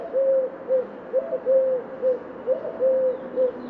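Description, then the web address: Eurasian collared dove cooing, soft low three-note phrases repeated in a steady rhythm over a quiet hiss. "Deverinetal 2025 File origin Bird Only"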